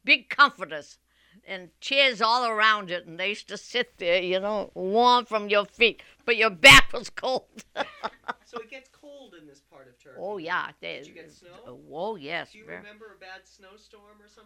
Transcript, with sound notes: big comforters, and chairs all around it, and they used to sit there, you know, warm from your feet, but your back was cold. ( she laughs )
So it gets cold in this part of Turkey?
Oh, yeah.
Did you get snow?
Oh, yes.
Do you remember a bad snowstorm or something?